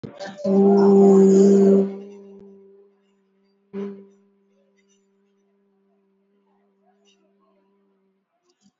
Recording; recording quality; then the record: sustained vowel as in boot; moderate, slight background noise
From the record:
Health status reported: COVID-19 positive, moderate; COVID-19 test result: positive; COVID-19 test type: RT-PCR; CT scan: not taken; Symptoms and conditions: cough, fever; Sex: female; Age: 45 years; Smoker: no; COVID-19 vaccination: one dose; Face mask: worn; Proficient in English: yes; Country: India